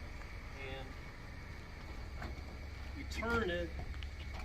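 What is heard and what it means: A key is turned in the recently replaced door lock cylinder of a 1966 Chevrolet El Camino door while someone talks over a low background rumble. The clip ends before the lock clicks into the locked position, so nothing has seated or clicked yet.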